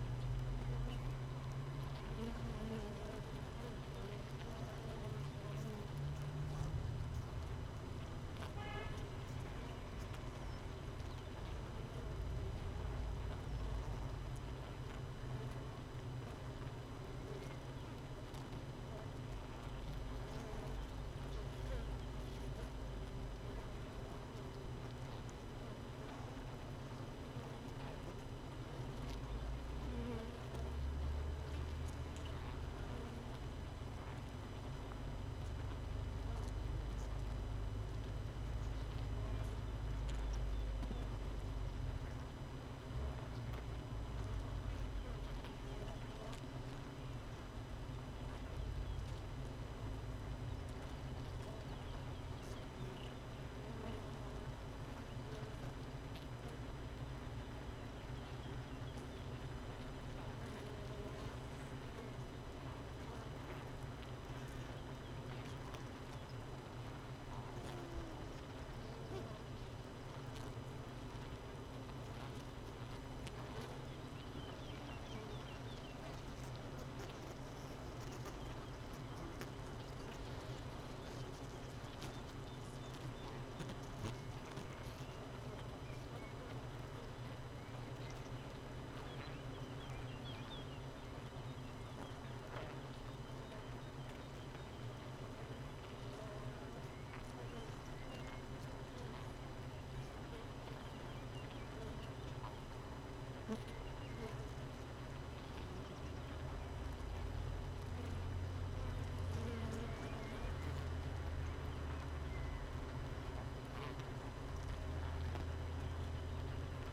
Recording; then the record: honeybee colony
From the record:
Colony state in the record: missing queen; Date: 31 May 2018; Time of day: 6:44